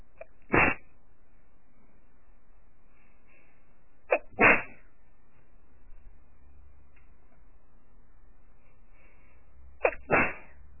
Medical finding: Female sneezes.